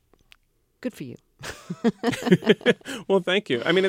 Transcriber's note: laughter